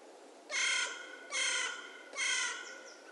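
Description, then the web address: Bird giving three loud, harsh, cawing calls about 0.8 seconds apart, each rasping and rich in harmonics, over faint background hiss. "cianscape. Deverinetal. Bird Only"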